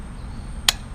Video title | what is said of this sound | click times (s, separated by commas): Orbea Katu-E 10 Review - 3k | you hear that click that's the important thing I was waiting for that you want to make sure that battery's clicked in | 0.7 s